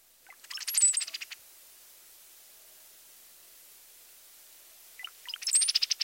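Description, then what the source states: Brown-headed Cowbird giving two bursts of sputtering chatter, each a rapid series of high, buzzy notes with a thin squeaky whistle, separated by a few seconds of quiet. Sputtering chatter that the cowbird often adds in flight.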